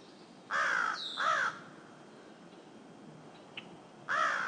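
Crow with two rasping caws in quick succession, a pause with a faint high chirp, then one more caw.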